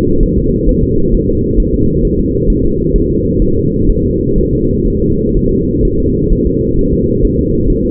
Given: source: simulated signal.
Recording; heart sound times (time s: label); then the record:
fetal heart sounds
0.23 s: S1
0.38 s: S2
0.69 s: S1
0.84 s: S2
1.14 s: S1
1.29 s: S2
1.60 s: S1
1.74 s: S2
2.05 s: S1
2.20 s: S2
2.50 s: S1
2.65 s: S2
2.96 s: S1
3.10 s: S2
3.42 s: S1
3.57 s: S2
3.90 s: S1
4.04 s: S2
4.38 s: S1
4.53 s: S2
4.88 s: S1
5.02 s: S2
5.37 s: S1
5.51 s: S2
5.85 s: S1
6.00 s: S2
6.33 s: S1
6.47 s: S2
6.79 s: S1
6.94 s: S2
7.25 s: S1
7.39 s: S2
7.70 s: S1
7.85 s: S2
From the record:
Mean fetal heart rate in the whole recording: 130 bpm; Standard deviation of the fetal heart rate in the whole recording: 4 bpm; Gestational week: 38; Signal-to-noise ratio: -15.3 dB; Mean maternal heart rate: 72 bpm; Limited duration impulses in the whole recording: present